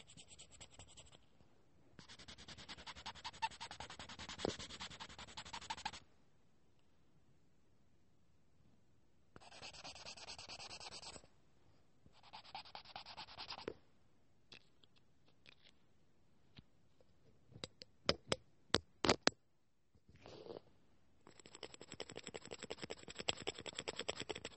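Bursts of fast, dense tapping with a dry, scratchy, rubbing texture come in stretches of a few seconds, separated by near silence. Around eighteen seconds a handful of sharper, louder single taps stand out before a final steady run of quick taps.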